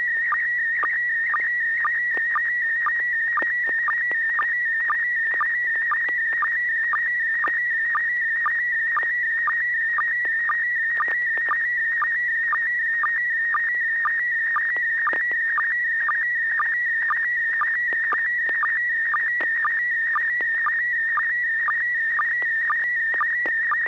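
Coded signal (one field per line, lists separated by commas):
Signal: SSTV (slow-scan television)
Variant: PD120 mode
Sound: continuous warbling whistle with a short low chirp about every half second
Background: low hum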